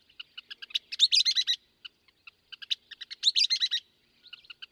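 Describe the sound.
Western kingbird calling: a string of short, sharp, high kip notes that speed into a rapid, sputtering chatter, heard twice.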